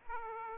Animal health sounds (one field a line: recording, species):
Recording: mosquito wingbeat signal from an infrared sensor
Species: Aedes aegypti